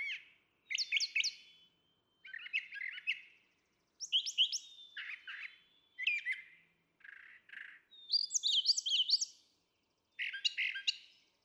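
Brown Thrasher song in well-separated bursts, each phrase a mix of chips and slurred notes.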